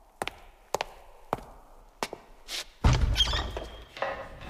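A heavy church door leading to the church tower creaks open with a low rumbling thud and a thin, high squeal, preceded by several sharp, evenly spaced wooden clacks.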